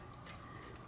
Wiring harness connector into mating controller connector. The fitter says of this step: you know snap into place so like that see